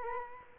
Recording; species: mosquito wingbeat signal from an infrared sensor; Culex quinquefasciatus